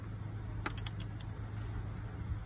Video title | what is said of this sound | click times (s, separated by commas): Vauxhall Astra - Head Gasket - Timing Belt - Astra J 1.6 | there you go the click tells me it's done no further than there | 0.9 s